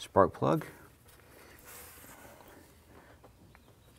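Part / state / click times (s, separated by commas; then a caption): spark plug wire boot onto spark plug / not seated / none. Someone talks briefly at the start, then only faint handling sounds and a few soft ticks follow as a rubber spark plug wire boot on a 1994-2004 Chevrolet S-10, with dielectric grease just put inside it and on the spark plug end, is brought to the plug and lined up before being pressed down. Nothing has seated or clicked yet.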